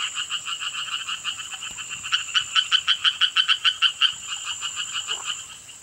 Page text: звуки амфибий - Квакша Шелковникова (Hyla orientalis)